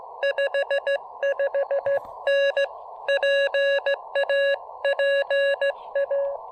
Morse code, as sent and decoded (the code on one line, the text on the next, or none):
..... ..... -. / .--. .- .--. .-
55N PAPA